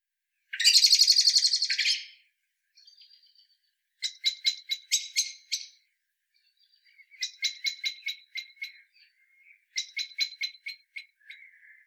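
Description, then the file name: Common blackbird calling: a harsh, buzzy burst, then sharp clicking chink notes in quick runs, repeated several times with brief pauses between. "Turdus merula"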